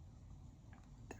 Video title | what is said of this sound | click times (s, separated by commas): Two Strands, Three Projects - Making Two Bracelets and a Pair of Earrings - @JesseJamesBeads | components are I heard that I felt it um kind of lock into place | 1.1 s